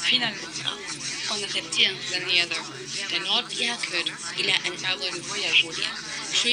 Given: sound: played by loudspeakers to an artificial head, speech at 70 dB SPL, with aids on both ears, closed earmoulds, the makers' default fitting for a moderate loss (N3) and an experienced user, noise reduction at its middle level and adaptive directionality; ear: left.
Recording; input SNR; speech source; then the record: speech test signal (ISTS) in cocktail-party noise; -6 dB; in front (0 degrees)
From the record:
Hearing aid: class 2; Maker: A